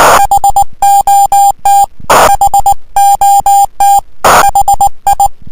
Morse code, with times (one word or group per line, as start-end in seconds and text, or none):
0.2-1.8 HOT
2.3-4.0 HOT
4.4-5.3 HI